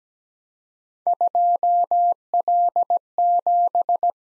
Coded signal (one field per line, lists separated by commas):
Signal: Morse code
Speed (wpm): 17 wpm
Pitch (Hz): 700 Hz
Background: none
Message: 2L7